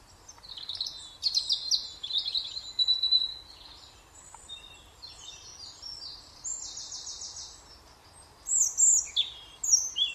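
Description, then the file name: European robin singing a long, varied stream of high notes: trills, short whistles and buzzy runs, with quieter passages and closing bright phrases. "Erithacus rubecula"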